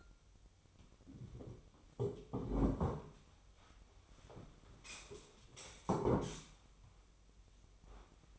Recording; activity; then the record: daily activity, microphone in the room; sit down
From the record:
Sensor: 1